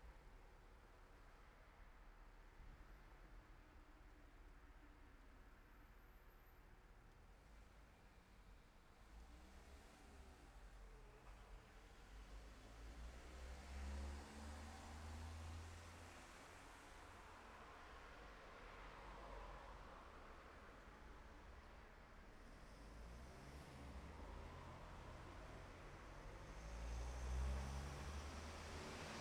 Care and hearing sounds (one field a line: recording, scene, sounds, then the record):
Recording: everyday scene through a hearing-aid microphone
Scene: in traffic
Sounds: traffic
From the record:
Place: city secondary road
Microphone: behind the ear, left, front